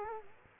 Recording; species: mosquito wingbeat signal from an infrared sensor; Culex quinquefasciatus